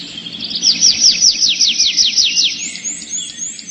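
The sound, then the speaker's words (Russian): A thrush trill in a forest: a quick run of about ten bright, high, downward-sweeping whistled notes, followed by a thinner, higher chattering phrase, with a faint low hum beneath. “Согласился скворец, и в ту же минуту лес наполнился трелью дрозда.”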